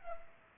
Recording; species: mosquito wingbeat signal from an infrared sensor; Culex pipiens